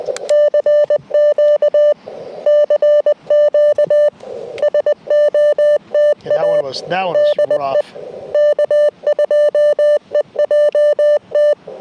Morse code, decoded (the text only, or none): CQ CQ SOTA DE K2EJT